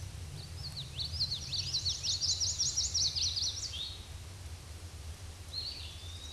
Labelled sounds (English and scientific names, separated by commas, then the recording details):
Eastern Wood-Pewee (Contopus virens) song
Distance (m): 25 m
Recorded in a Pennsylvania forest on 18 May 2023 at 09:37
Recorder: AudioMoth, point grid1_18_low
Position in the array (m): 177 m, 174 m